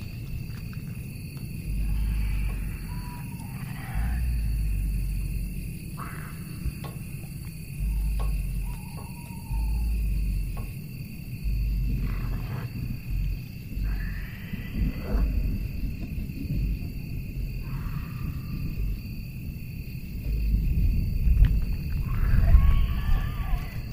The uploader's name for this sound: lost in the dark village Asmr ambience